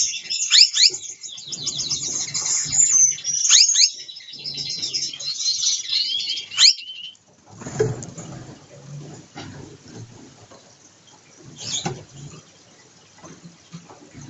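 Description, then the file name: Gouldian finch song: thin high whistles and buzzy rising notes in a fast jumble for several seconds, then quieter clicks and rustling with a few sharp chirps. Pair formation and courtship dance. "amadiny gulda sozdanie pary bracnyi tanec"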